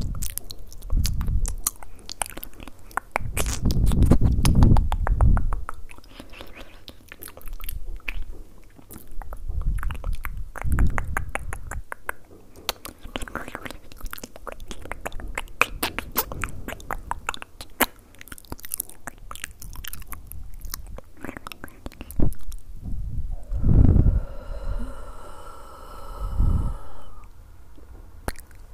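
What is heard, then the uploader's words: Wet mouth sounds: dense clicks, smacks and chewing-like crackles scattered through the clip. Heavier low thumps swell around 3–5 seconds, near 10 and again near 24–27 seconds, where a brief tonal, breathy sound also appears. ASMR mouth sound.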